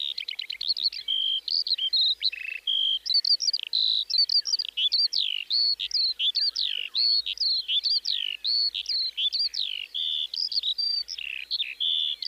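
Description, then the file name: Eurasian skylark singing a long, rapid, continuous outpouring of varied high chirps, trills and rising and falling whistles without pause. "mezeipacsirta"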